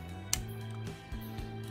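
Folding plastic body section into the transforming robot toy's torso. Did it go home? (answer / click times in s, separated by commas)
yes / 0.3 s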